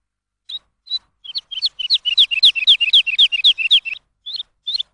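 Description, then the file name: Lark song beginning with a few spaced chirps, building into a quick, regular series of slurred notes, then tapering back to single chirps. Lark song used as a tutor for training songbirds. "suara masteran lark"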